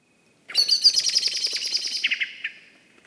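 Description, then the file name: Common blackbird giving a burst of rapid, high chattering notes for about two seconds, ending in a few lower notes and fading. "Turdus merula"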